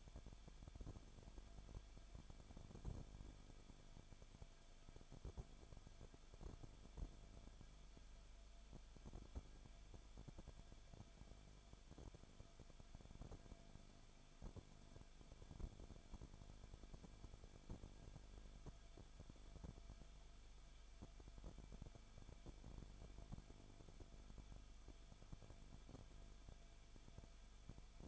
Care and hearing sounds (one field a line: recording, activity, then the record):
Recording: daily activity, microphone in the room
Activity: no activity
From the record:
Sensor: 5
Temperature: 20.4 degrees Celsius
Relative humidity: 39.7%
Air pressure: 1010.8 hPa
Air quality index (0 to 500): 166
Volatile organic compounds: 15 ppm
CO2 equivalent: 2500 ppm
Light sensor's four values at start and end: 2/3/1/1 and 2/3/1/1